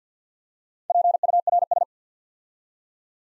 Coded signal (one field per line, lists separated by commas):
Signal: Morse code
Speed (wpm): 50 wpm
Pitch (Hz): 700 Hz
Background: none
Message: PURS